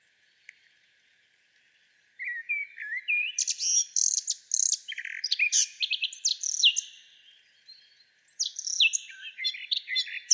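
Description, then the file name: Eurasian blackcap song: a quiet first two seconds, then rapid, varied warbling of high chirps and flutey notes that pause briefly near eight seconds and then resume. "Sylvia atricapilla"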